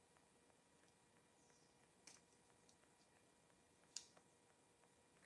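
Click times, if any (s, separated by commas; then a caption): none. A plastic LEGO brick piece is fitted onto a pole below another part of the gun assembly on a LEGO Optimus Prime robot. Faint plastic ticks sit over a low steady hum, with a sharper tap at 2.1 s and a brief loud click at 4.0 s. Nothing has snapped on; the piece only rests on the pole without rotating.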